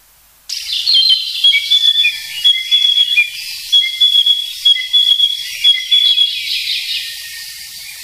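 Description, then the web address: Narcissus flycatcher song starting abruptly: clear whistled notes interleaved with short chirps in quick, slightly irregular phrases lasting several seconds. "sikioto. kibitaki"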